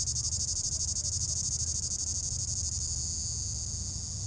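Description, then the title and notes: Cicada song, a high throbbing drone with rapid regular pulses that soften slightly toward the end, over a low background rumble. In an apple tree at the top of the Côte de Groisin, Chindrieux, France; 32°; Zoom H4n Pro, preamp level 100. "3029 Rte d'Aix, 73310 Chindrieux, France - cigale. Cigale dans un pommier au sommet de la côte de groisin, il fait 32°"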